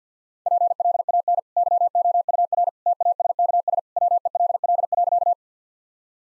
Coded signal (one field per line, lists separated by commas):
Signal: Morse code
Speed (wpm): 45 wpm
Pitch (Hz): 700 Hz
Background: none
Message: PLAN YOUR TASKS WELL.